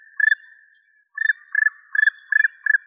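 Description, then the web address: Black woodpecker calls: one short rolling note, a pause, then a series of short rolling notes less than half a second apart, each steady in pitch, in a quiet background. "Dryocopus martius"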